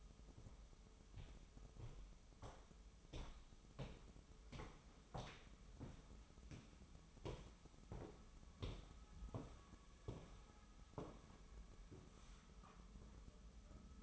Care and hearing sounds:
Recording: daily activity, microphone in the room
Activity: walk to room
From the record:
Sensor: 1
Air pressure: 988.2 hPa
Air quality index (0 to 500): 197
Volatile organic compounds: 990 ppm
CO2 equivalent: 5271 ppm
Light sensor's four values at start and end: 26/97/37/39 and 26/97/36/38

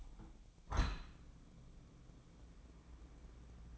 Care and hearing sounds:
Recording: daily activity, microphone in the room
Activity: open window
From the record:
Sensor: 1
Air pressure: 1012.4 hPa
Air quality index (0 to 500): 168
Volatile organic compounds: 3 ppm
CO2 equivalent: 1369 ppm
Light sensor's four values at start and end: 151/338/150/158 and 152/343/151/159

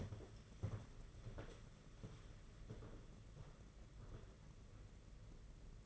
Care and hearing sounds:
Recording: daily activity, microphone in the room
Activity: walk to room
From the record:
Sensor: 4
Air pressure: 992.8 hPa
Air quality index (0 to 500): 176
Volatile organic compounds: 348 ppm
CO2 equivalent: 4580 ppm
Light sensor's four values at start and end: 4/10/4/4 and 4/10/4/4

